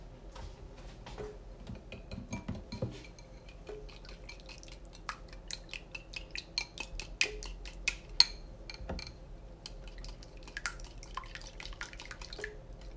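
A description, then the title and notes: Kitchen sounds from making banana bread: a dense run of quick clicks, taps and light clatter of utensils against bowls and dishes. Sharper knocks stand out around seconds 7 to 9, over a faint steady low hum throughout. Making Banana Bread. I made a loaf of banana bread.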